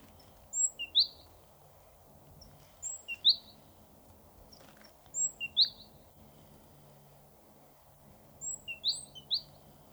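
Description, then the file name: Great tit calling in clipped high notes, grouped in twos and threes, each group dropping in pitch, with quiet pauses between bursts and a soft low background drone. "Parus major"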